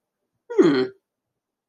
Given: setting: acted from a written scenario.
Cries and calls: vocal sound without words; pride

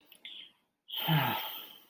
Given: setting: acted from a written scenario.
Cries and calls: vocal sound without words; embarrassment

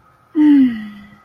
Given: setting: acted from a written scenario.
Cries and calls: vocal sound without words; shame

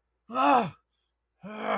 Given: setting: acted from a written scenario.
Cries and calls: vocal sound without words; negative surprise

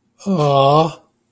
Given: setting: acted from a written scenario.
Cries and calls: vocal sound without words; adoration

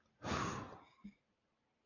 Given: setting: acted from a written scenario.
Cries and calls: vocal sound without words; relief

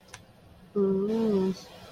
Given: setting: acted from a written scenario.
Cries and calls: vocal sound without words; romantic love

